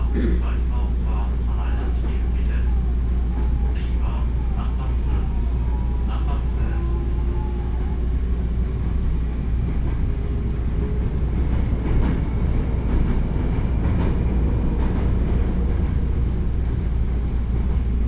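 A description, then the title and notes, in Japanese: A train ride with a steady low rumble and dense rattling throughout, the loudness holding even. Faint voices and a few brief tonal whines drift over the noise in the first half, and the rattle grows a little busier after about twelve seconds. 鉄道旅 大物→梅田→蛍池→大阪空港。蛍池で大阪モノレールに乗り換えて１駅先の大阪空港へと向かいます。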